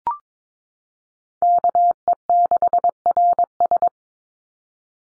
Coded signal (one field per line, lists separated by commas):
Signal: Morse code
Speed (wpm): 22 wpm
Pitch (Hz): 700 Hz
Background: none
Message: KE6RS